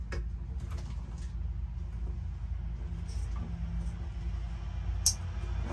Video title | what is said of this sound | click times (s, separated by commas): Pontoon Stereo Install - FUSION MS-RA55 Bluetooth Stereo | You'll hear it click in place just like that. | 5.1 s